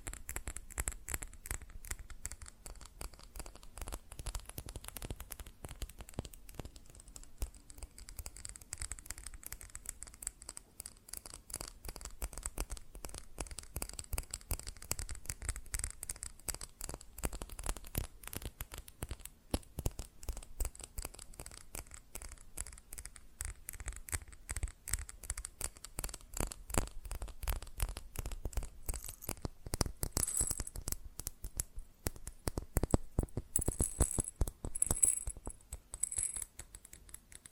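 Fast tapping on glass and ceramic objects runs without a break for the whole clip, a dense patter of sharp little clicks with a thin ringing top. The pace stays quick and fairly even, growing slightly busier and louder around thirty seconds.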